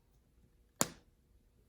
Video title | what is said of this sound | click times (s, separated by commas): Wemberly Worried Craft | take my cap and remember we want to hear the click so listen carefully for the click | 0.8 s